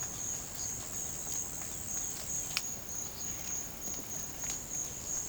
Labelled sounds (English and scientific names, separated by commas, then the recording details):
Violaceous Jay (Cyanocorax violaceus)
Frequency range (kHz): Violaceous Jay (Cyanocorax violaceus) 2.3-4.8 kHz
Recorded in pastures near Puerto Asís, Putumayo, Colombia, on 25 June 2025 at 14:30
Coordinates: 0.472, -76.331
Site G095